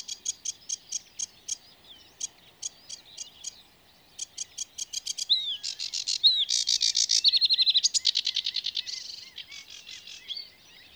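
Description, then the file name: Sedge warbler song starting with spaced dry ticks, then speeding up into excited buzzy trills and rattles before easing off again. "Rietzanger"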